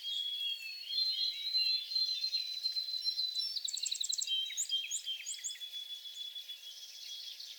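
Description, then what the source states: White-throated sparrow song: long, pure whistled notes, the first held high and a later one slightly lower. Rapid trills and chips from other birds sound throughout. Recorded 28 April 2022 in the back shrubs.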